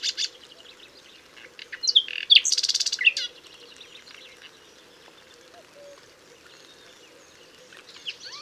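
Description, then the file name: Common nightingale song: a few soft notes, then a loud burst of harsh, buzzy and rattling notes early on, then scattered soft chirps and a brief phrase at the end, over a faint steady hum. "Luscinia megarhynchos"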